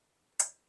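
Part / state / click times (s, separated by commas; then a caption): ink cartridge into inkjet printer carriage slot / seated / 0.4 s. A yellow HP 923 ink cartridge is angled down into an inkjet printer's carriage slot, and its back end is pressed down. A single sharp click at 0.4 s fades quickly. The cartridge is seated and clicked into place.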